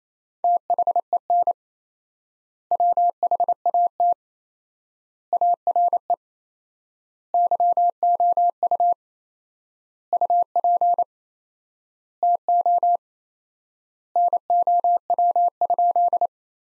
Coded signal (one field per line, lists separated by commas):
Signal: Morse code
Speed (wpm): 28 wpm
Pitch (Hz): 700 Hz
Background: none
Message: THEN WHAT ARE YOU UP TO NOW?